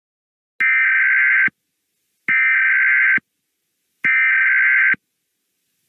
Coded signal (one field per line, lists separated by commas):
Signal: Emergency Alert System (SAME) tones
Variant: header bursts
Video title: EAS Scenario - Hot Jupiter: REMASTERED